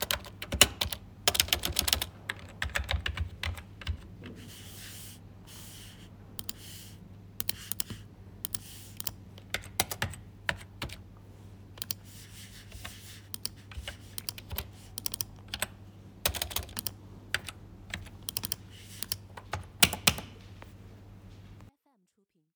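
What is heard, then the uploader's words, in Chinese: Office typing on a keyboard, with irregular bursts of quick, sharp key clicks that thin out in the middle and pick up again toward the end. A steady low hum sits underneath throughout, and everything stops abruptly just before the close. 办公打字。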